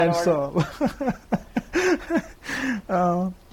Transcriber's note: laughter